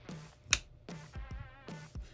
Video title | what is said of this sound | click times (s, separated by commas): How to: Glock 19 Gen 4. Complete Disassemble | hear a small little click keep constant tension over it and | 0.5 s